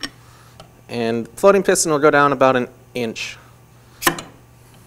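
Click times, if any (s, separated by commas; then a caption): 4.1 s. A long aluminum tube pushes the floating piston about an inch down inside the body of a QA1 26-series circle track monotube shock absorber while someone talks. A sharp metallic click at 4.1 s marks the piston seating at the bottom of the shock body, with a few fainter ticks around it.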